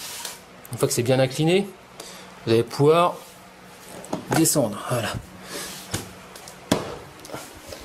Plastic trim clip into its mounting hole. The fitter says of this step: si par exemple ici ça venait arbitres ya peu vous venez le clip c'est ça vous allez entendre le clac donc